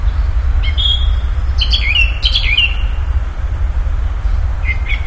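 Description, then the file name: Common nightingale song in short phrases: clear whistled notes and slurred chirps near the middle, a brief phrase at the end, over steady low rumbling background noise. "Nachtigall"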